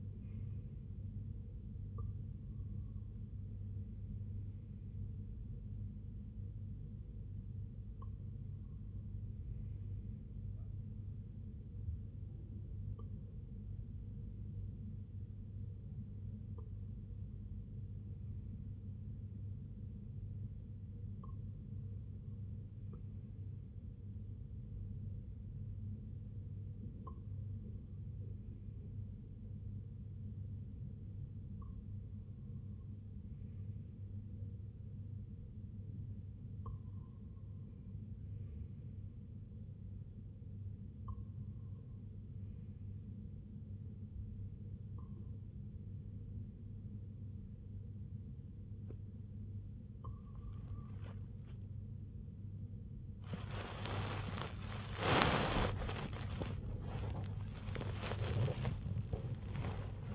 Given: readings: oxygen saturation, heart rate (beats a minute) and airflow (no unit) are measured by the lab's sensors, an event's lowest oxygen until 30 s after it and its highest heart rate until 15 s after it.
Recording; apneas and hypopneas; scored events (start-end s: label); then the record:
breathing in sleep by a smartphone at the bedside; 1
23.00-52.70 s: hypopnea (REM, oxygen 97% highest, then 95% lowest, heart rate 69 at the start, 90 highest)
56.00-60.15 s: new sleep stage, N1 (lightest sleep)
From the record:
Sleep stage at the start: REM sleep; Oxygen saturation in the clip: 92 to 97%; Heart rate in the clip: 61 to 86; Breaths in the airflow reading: 12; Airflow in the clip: -7.8 to 4.9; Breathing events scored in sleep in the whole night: 258 in 7.4 hours asleep